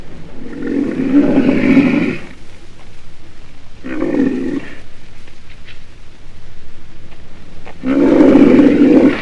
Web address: black rhinoceros